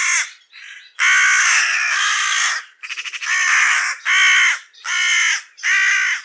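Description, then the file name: Carrion crow calling loudly: two short caws, a long drawn, hoarse caw, a brief stuttering rattle, then four harsh caws in steady series. "Corvus corone"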